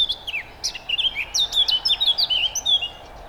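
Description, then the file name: Eurasian blackcap singing a rapid, varied warble of short chirps and slurred whistles. "Sylvia atricapilla"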